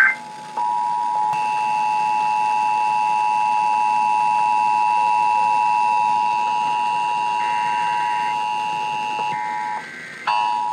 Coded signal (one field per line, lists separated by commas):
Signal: Emergency Alert System (SAME) tones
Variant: 853 and 960 Hz attention tone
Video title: Pennsylvania Required Monthly Tests (3/18/21)(EAS 620-626)